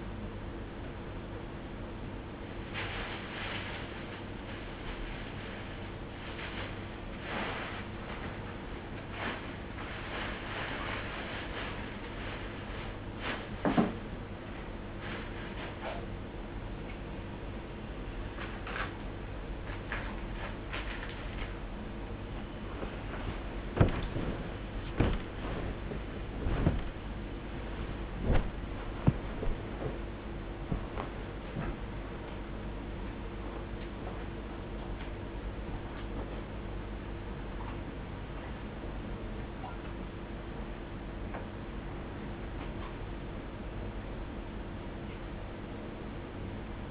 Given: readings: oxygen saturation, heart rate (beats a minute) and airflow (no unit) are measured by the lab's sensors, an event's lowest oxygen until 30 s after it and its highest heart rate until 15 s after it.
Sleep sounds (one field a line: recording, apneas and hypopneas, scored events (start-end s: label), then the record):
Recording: a person awake in a sleep study, by a voice recorder at the bedside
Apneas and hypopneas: none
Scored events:
0.00-46.91 s: awake
From the record:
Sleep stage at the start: awake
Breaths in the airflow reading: 16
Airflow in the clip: -1.1 to 0.9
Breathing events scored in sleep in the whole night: 101 in 7.3 hours asleep